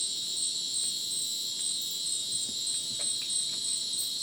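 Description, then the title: Shrill cricket chorus, steady and continuous, several high tones stacked together, with a few faint clicks and rustles below. Dense insect chorus sounding like a polyrhythmic electronic concert, after sunset in dense rainforest, Madidi National Park, Ucumari, Bolivia; AT BP4029 microphone, MixPre 6 recorder. "Madidi National Park, Ucumari, Bolivia - Supersonic Crickets in the rainforest"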